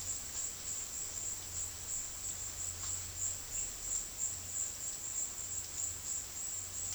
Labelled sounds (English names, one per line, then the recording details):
none
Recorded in secondary vegetation near Puerto Asís, Putumayo, Colombia, on 21 February 2024 at 15:00
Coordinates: 0.472, -76.331
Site G6371